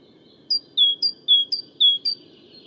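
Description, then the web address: Great tit giving clear ringing two-note whistles, a short high note then a longer lower one, repeated several times at a steady pace. "SETE data Parus major"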